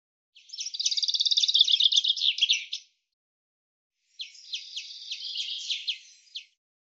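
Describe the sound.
Common chaffinch giving two songs about a second apart, each a rapid, jingling series of high notes.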